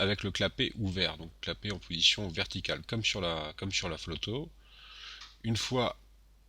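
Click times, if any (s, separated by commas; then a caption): none. Someone talks while a dock flex ribbon cable is handled at the open flip-lock (ZIF) connector, its latch flap raised vertically, on an iPhone 3G/3GS logic board during a dock connector replacement (microphone, charging, sync, speaker). A soft hiss appears briefly near 5 seconds before the talking resumes. Nothing has seated or clicked yet.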